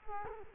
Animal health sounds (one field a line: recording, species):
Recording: mosquito wingbeat signal from an infrared sensor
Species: Culex quinquefasciatus